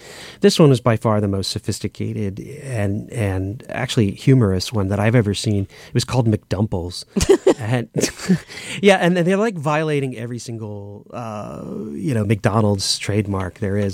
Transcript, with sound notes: This one was by far the most sophisticated and actually humorous one that I've ever seen. It was called McDumples.
(LAUGHTER)
And they're like violating every single, you know, McDonalds trademark there is.